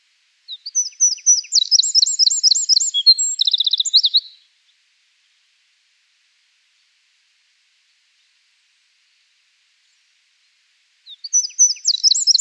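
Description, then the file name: Eurasian wren song: a loud, fast, high-pitched run of trills and rattling notes lasting about four seconds, silence, then the next song begins. "Troglodytes troglodytes"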